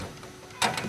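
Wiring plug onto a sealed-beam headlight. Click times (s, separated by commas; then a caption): 0.8 s. A plastic wiring plug is pushed onto a sealed-beam headlight for a classic Cuda. Faint low noise gives way to a louder broadband rustle at about 0.6 s, then one sharp mechanical snap at 0.8 s. The plug seats and locks into place.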